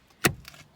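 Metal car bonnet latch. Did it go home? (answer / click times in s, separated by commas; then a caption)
released / 0.3 s. The interior bonnet release lever on the lower right of a car is pulled from the bottom, and the bonnet latch pops open with a sharp hit at 0.3 s. A fainter short knock follows at 0.5 s, and the bonnet is released.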